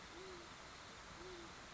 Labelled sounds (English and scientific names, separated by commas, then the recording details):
Great Horned Owl (Bubo virginianus)
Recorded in Sonoma County, California